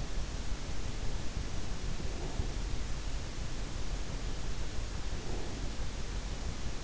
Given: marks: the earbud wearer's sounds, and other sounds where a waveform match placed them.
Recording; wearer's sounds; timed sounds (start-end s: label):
sounds in sleep by an in-ear microphone; breath
1.96-2.73 s: breath
5.16-5.77 s: breath